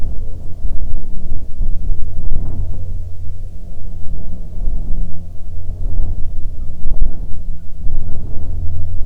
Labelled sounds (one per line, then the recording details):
bird
jet
wind
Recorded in the Prudhoe Bay oil fields, Alaska, on 7 August 2019 at 14:09
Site 17